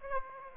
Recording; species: mosquito wingbeat signal from an infrared sensor; Aedes aegypti